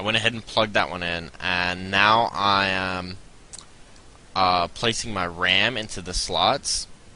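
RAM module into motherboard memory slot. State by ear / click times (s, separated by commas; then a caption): not seated / none. A RAM module is being placed into a motherboard memory slot while someone talks, with a short, sharp tap at about 3.6 s during a pause in the speech. The clip ends before the module goes home; nothing has seated or clicked yet.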